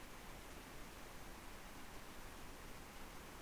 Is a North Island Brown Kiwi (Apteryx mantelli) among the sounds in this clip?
no